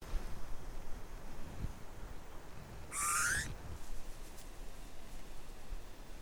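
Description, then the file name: Eurasian bullfinch giving a single soft whistled call that rises slightly, heard once midway through, over a low steady rumble. "Pyrrhula pyrrhula"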